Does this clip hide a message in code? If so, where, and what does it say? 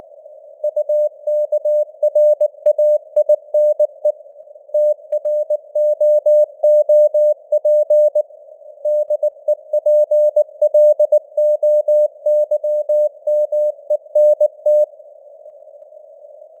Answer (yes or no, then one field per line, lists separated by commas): yes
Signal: Morse code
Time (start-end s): 0.6-14.8 s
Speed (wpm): 19 wpm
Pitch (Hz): 600 Hz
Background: none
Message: UKRAINE TROOP DEPLOYMENT